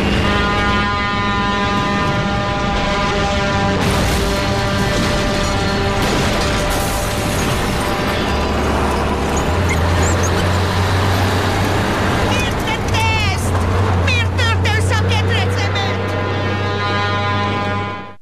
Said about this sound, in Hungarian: Neki hajt a telefonfülkének a kamionnal. De előtte dudál. Dudál. Tehát jelez mert neki.